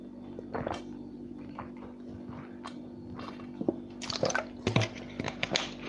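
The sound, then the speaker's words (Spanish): Water sloshes and glugs from a plastic bottle, with soft wet swallows and small clicks, growing busier toward the end over a steady low hum. No one speaks. “Me queda aquí de la botella de agua.”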